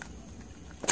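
A second plastic filter cartridge, its arrow lined up, is twisted into the bayonet mount of a 3M 7500 half mask over a low, steady background hum. A sharp click at 0.9 s marks the cartridge locking and seating in place.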